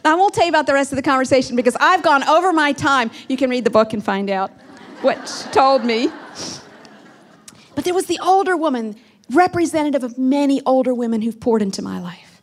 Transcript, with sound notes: Now, I won’t tell you about the rest of the conversation because I’ve gone over my time. You can read the book and find out what she told me. (laughter) But there was the older woman, representative of many older women who have poured into my life.